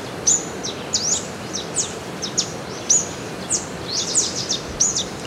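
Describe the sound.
Rusty-browed warbling finch calls: high, thin chirps and short downslurred notes given in quick irregular series, over steady low background hiss.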